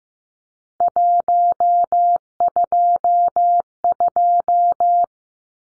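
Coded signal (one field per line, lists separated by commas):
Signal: Morse code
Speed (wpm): 15 wpm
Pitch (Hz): 700 Hz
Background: none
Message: 122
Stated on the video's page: Morse code drill of three-digit numbers at 15 wpm for head copy, each number sent twice.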